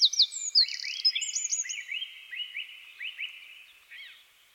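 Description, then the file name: Eurasian wren calls: sharp high notes and a short trill, followed by repeated curved chirps about every half second, fading out. "Troglodytes troglodytes"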